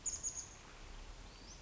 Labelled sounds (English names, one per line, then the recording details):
Chestnut-backed Chickadee
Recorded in Sonoma County, California